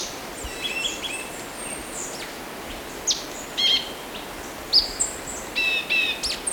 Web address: Natures Songs S America Birds of Ecuador Orange-Bellied Euphonia